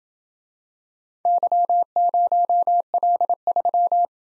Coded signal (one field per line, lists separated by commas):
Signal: Morse code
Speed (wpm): 28 wpm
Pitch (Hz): 700 Hz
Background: none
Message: Y0L3